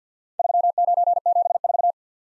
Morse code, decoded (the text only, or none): 3974